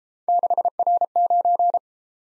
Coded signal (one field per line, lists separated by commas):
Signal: Morse code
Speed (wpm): 30 wpm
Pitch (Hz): 700 Hz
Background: none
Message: 6R9